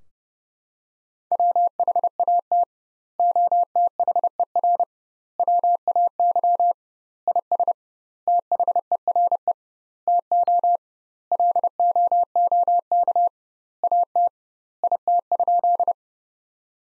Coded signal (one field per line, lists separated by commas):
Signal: Morse code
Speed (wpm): 30 wpm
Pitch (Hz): 700 Hz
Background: none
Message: WHAT OTHER WAY IS THERE TO LOOK AT IT?